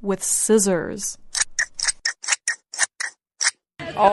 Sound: enter sound of scissors